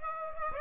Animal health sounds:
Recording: mosquito wingbeat signal from an infrared sensor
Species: Aedes aegypti

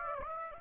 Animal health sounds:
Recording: mosquito wingbeat signal from an infrared sensor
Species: Aedes aegypti

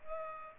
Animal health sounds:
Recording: mosquito wingbeat signal from an infrared sensor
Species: Culex pipiens

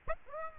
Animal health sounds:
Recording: mosquito wingbeat signal from an infrared sensor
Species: Aedes aegypti

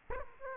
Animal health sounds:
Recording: mosquito wingbeat signal from an infrared sensor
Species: Aedes aegypti

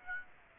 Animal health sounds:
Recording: mosquito wingbeat signal from an infrared sensor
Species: Aedes aegypti

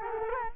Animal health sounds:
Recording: mosquito wingbeat signal from an infrared sensor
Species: Culex quinquefasciatus

